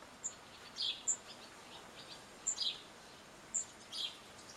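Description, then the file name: House sparrow calls: three short chirps spaced over a few seconds, interleaved with thin, high pips. "Passer domesticus"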